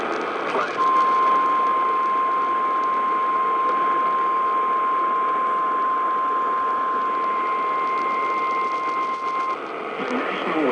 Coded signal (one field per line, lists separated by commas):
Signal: Emergency Alert System (SAME) tones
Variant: 1050 Hz attention tone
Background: speech